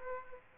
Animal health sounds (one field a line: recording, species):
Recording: mosquito wingbeat signal from an infrared sensor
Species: Aedes aegypti